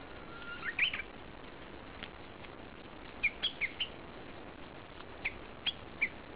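Bird chirping: short, high notes in small clusters, one cluster early, another mid-way and a few more toward the end, over a steady low hiss.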